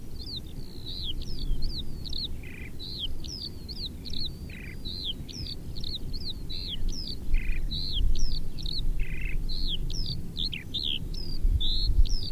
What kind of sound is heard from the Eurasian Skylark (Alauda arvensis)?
flight song